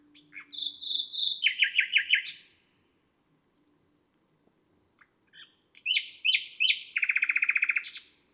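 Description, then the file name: Nightingale singing: a phrase of rapid repeated notes, a silence of about three seconds, then a phrase of sharp notes ending in a fast, even rattle. Recorded on a May night. "Un rossignol enregistre une nuit de mai"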